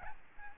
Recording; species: mosquito wingbeat signal from an infrared sensor; Aedes albopictus